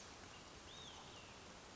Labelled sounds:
Olive-sided Flycatcher (Contopus cooperi)
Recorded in Sonoma County, California

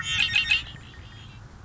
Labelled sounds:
Red-winged Blackbird (Agelaius phoeniceus)
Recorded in Sonoma County, California

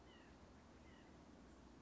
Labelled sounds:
White-breasted Nuthatch (Sitta carolinensis)
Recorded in Sonoma County, California

